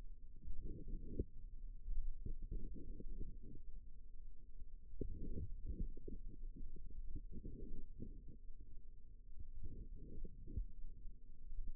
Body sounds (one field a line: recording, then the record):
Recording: forearm muscle sounds (acoustic myography)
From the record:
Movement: outward rotation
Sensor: system 2, bracelet of six BSWA MPA416 microphones around the upper forearm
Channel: 4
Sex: female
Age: 22 years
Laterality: right